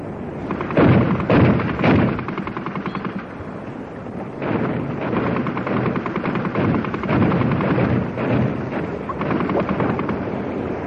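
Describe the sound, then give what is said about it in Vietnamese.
Bursts of rapid automatic machine gun fire from a leading PTF patrol boat, shooting to stop an enemy boat around midnight, rattle over a constant roar of wind and engine noise, with sharp loud volleys early on and continued firing throughout. “Chỉ 5 phút sau, chiếc PTF đi đầu đã khai quả nổ súng bắn chận một trong 2 chiếc tàu của địch đang mở hết tốc lực chạy về hướng có tầm quả lực yểm trợ của bọn chúng ở trong đất liền đang bắn ra.”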